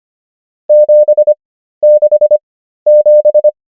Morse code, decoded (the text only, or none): 767